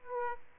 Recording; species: mosquito wingbeat signal from an infrared sensor; Aedes aegypti